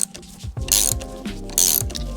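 A rubber/metal suspension bush is pressed with a ratcheting press tool into the control arm of a Corsa C track car. Rapid mechanical ratchet clicks are heard, with sharp hits at about 0.0, 0.7, 0.9, 1.6 and 1.8 seconds, and bright hissy bursts around 0.7–0.9 and 1.6–1.8 seconds. The bush is still being handled and has not seated or popped into the arm yet.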